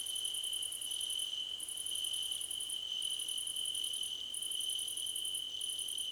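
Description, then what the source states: Crickets chorus, a continuous shrill tone layered with fast trilled bursts lasting about a second each, separated by brief pauses. Several crickets chirping together, described as a choir competition.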